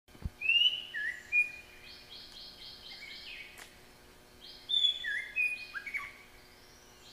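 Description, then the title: Flycatcher song of clear whistled slurs and a string of even buzzy notes, pausing then repeating, against steady background hiss and a sharp click. Tutor song for training caged songbirds, with rapid, full-speed, tightly packed song bursts. "Suara Burung Sikatan Londo Masteran Tembakan Full Speed Rapet"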